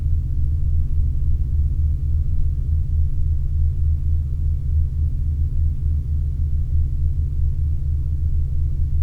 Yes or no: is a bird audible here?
no